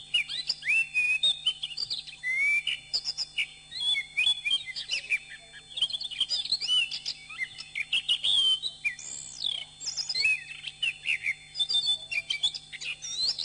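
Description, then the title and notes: Bird singing a long, dense medley of high chirps, twitters and whistled phrases with few gaps, over a steady low hum. Masteran birdsong training recording. "MASTERAN BURUNG. suarane manok"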